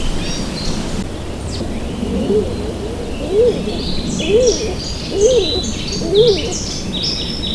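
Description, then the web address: Stock dove uttering a series of five soft, arched coos, about one per second, while higher songbirds chirp and twitter in the background. "Madardalok Cd 1. Kék galamb"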